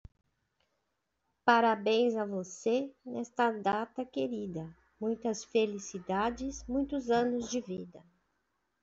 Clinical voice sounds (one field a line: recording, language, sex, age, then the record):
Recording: short text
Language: Brazilian Portuguese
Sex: female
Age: 50 to 59 years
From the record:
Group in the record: control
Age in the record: 54 years